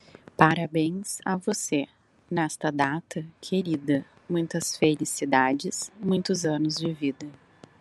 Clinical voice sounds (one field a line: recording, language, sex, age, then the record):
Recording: short text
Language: Brazilian Portuguese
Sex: female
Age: 40 to 49 years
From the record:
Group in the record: control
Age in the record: 40 years